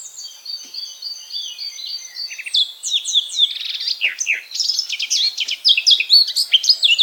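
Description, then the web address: Eurasian blackcap warbling song, beginning with soft repeated twitters and building into a louder, jumbled string of quick whistled and rasping notes. "SETE data Sylvia atricapilla"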